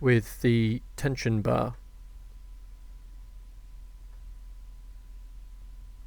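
Someone talks while handling the metal tension bar that holds the wheels on the base of a restored die-cast Volvo 760 toy car, and the rest of the clip is a quiet, steady hum. The bar has not snapped back into place yet; nothing has seated or clicked.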